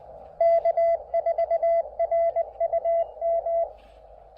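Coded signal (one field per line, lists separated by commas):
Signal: Morse code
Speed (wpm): 19 wpm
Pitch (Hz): 670 Hz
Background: radio noise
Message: K4RUM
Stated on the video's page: QRP POTA park activation CQ with an MTR-3B transceiver and PackTenna end-fed half-wave antenna.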